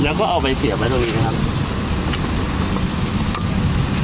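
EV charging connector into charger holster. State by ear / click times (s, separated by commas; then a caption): seated / 3.4 s. After charging, an EV charging plug is pulled out and pushed back into its holder on the charging station while someone talks over steady background noise. It seats with a sharp click at 3.4 s, confirming it is secured and won't fall out.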